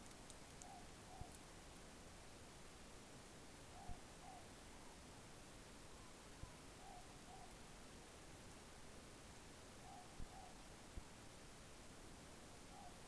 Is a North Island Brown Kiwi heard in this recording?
no